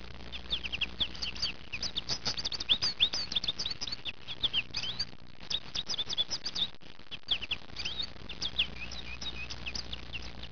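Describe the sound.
Goldfinch twittering: dense, rapid chirps and tinkling notes run almost nonstop, with a short lull midway and a faint low hum beneath.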